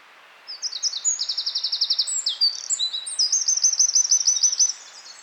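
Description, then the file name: Eurasian wren song starting half a second in: explosive high-pitched notes, a fast rattle, then a ringing trill, stopping just before the end. "Troglodytes troglodytes"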